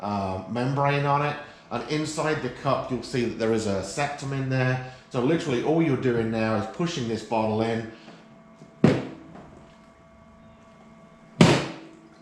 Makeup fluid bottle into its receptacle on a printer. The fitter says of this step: you'll hear it click and it